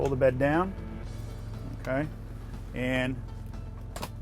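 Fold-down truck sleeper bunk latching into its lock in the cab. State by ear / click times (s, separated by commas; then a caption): seated / 4.0 s. Someone talks while twisting a knob on the fold-down upper sleeper bunk in the cab of a Freightliner Cascadia AA sleeper truck, a double-wide bed 48 inches wide, pulling the bed down and pushing it until its latch engages. A steady low hum runs underneath, and a soft knock comes at 3.5 s during the push. Two sharp latch clicks land at 4.0 s and 4.0 s as the bunk seats into its lock position.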